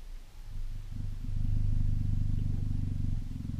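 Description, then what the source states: Cheetah purr, steady low throbbing rumble swelling louder after the first second and holding to the end. Tame cheetah, lying in bed.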